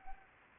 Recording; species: mosquito wingbeat signal from an infrared sensor; Anopheles arabiensis